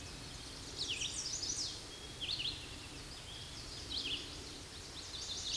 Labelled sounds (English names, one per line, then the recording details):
Chestnut-sided Warbler song
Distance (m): 35 m
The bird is about 15 m above the microphone
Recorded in a Pennsylvania forest on 16 May 2024 at 07:12
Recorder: AudioMoth, point MSD-2258
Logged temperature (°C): 15.2 °C
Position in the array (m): 130 m, 96 m